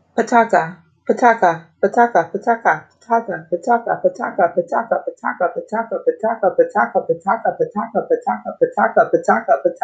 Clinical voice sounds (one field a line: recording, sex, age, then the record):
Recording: repeated syllables /pa ta ka/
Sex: female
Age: 40 to 49 years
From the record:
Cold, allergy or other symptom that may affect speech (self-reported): no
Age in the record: 40 years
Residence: Florida, United States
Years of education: 16